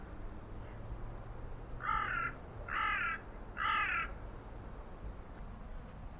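Bird giving three harsh, hoarse caws about a second apart, over a steady low hum that stops after the first call.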